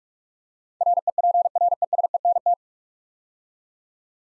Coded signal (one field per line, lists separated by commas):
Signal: Morse code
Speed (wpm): 44 wpm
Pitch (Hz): 700 Hz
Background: none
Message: REPRESENT